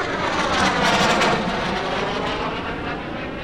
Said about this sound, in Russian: Словно запрограммированные, боевые самолеты тут же сбросили высоту.